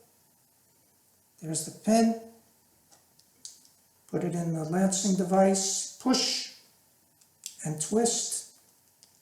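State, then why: Seated. A plastic lancet is pushed into the holder of a lancing device and seats with a sharp little click at 7.5 seconds. Someone talks before and after, and a few faint taps are heard around 3 seconds.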